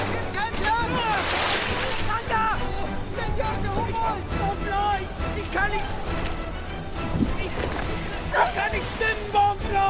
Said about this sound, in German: Eine heftige Windböe peitscht auf das überladene Boot. Es schwankt bedrohlich, immer mehr Wasser läuft hinein.